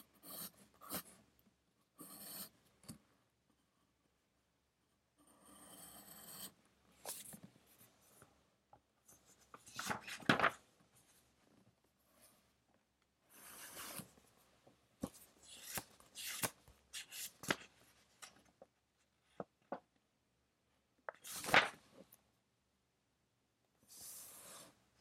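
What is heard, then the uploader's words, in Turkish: Pencil strokes while studying: short scratchy bursts of writing come in irregular clusters, with quiet gaps between them. Louder, sharper scrapes stand out around ten and twenty-one seconds, and a faint steady hiss sits underneath throughout. Sessiz odada 60 dakika boyunca kurşun kalem ile ders çalışma; ortam sesleri, beyaz gürültü alt yapısı. Ev, kütüphane çalışmaları ortam sesi.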